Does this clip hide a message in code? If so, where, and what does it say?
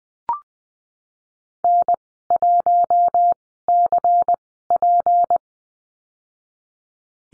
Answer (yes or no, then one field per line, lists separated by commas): yes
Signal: Morse code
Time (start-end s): 1.6-5.4 s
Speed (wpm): 20 wpm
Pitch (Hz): 700 Hz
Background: none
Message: N1CP